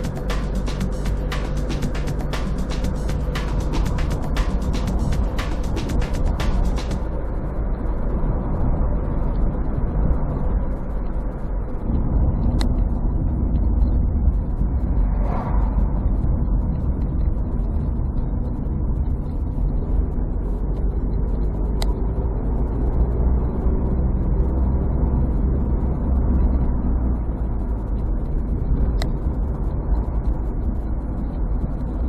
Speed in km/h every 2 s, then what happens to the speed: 50, 55, 56, 56, 56, 52, 43, 36, 34, 29, 33, 42, 47, 44, 35, 37.
0-8 speeds up to 56. 8-17 slows to 29. 20-24 speeds up to 47. 24-28 slows to 35.